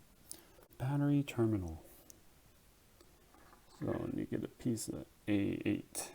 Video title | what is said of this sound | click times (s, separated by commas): Hong Kong Taxi RC Model Build. Episode 1 | To push in, push down, push towards the back of the car and snaps right in. | 0.3 s